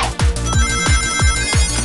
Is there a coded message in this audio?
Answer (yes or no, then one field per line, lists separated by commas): no